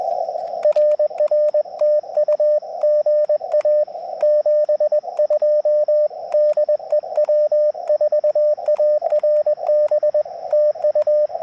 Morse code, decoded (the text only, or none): RR TU GA 72 DE W4ARB TU